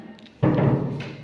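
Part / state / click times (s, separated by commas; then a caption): door lock in a bathroom door / seated / 0.4 s. A door lock on a bathroom door is operated to lock it. Two faint short ticks come at 0.2 and 0.3 s, then a sharp, loud thud-like click at 0.4 s as the lock clicks shut, followed by a softer knock at 1.0 s. The lock is seated and the door is locked.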